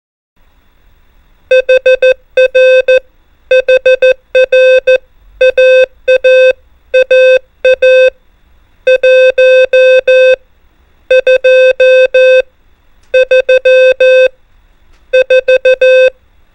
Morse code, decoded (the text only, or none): HR HR AAAA 1 2 3 4